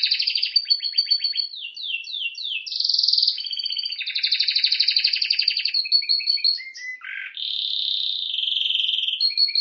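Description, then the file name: Canary song mixing quick sweeping chirps, rolling buzzy trills and a brief low harsh note, followed by a steady warbling trill. "Canary Voice"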